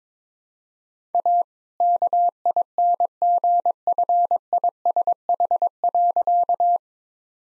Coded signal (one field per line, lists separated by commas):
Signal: Morse code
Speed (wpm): 22 wpm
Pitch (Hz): 700 Hz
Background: none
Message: A KINGFISH.